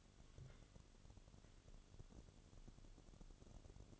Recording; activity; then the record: daily activity, microphone in the room; take from stove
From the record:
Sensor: 4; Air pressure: 1008.7 hPa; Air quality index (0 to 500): 103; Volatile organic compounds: 1 ppm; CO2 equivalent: 771 ppm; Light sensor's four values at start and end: 10/23/9/9 and 10/23/9/9